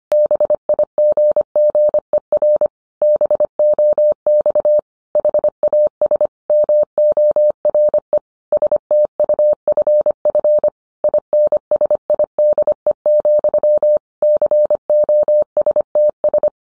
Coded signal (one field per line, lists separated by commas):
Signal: Morse code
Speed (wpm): 25 wpm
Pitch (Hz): 600 Hz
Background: none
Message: BIGGER BOX HAS MORE STUFF INSIDE, COSTS